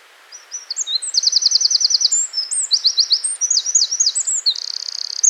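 Wren song: a fast, loud outpouring of high, sharp notes, with rapid rattling trills, quick upslurred chips and a buzzy trill near the end, in one continuous burst.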